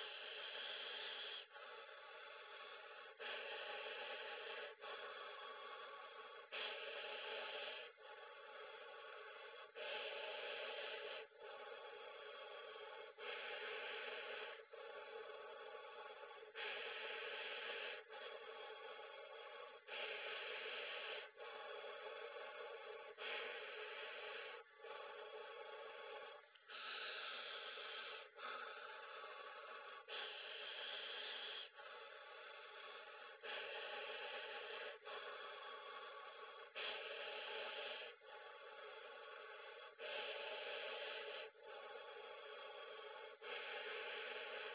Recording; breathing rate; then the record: paced breathing near a phone; 18 breaths a minute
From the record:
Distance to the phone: 40 cm